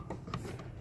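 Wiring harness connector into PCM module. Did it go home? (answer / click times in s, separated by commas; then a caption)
yes / 0.3 s. The second plastic wiring harness connector is pushed down into the PCM module of a Dodge Ram, with faint handling noise before a sharp, fairly quiet click at 0.3 seconds. The connector is seated and secured.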